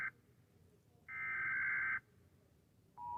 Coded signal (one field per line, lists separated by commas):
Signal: Emergency Alert System (SAME) tones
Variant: header bursts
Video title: Rating EAS alarms because I'm late.